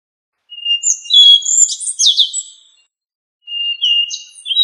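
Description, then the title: Thrush singing two phrases separated by a pause, each starting on a steady whistle before tumbling into quick, high, chattering and warbled notes; quiet background. "Familia Turdidae - Sabia"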